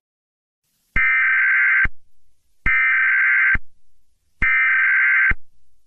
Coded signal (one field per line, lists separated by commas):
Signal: Emergency Alert System (SAME) tones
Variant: header bursts